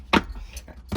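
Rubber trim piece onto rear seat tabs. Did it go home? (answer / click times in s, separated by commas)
yes / 0.1 s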